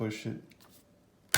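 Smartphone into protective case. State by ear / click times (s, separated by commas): seated / 1.3 s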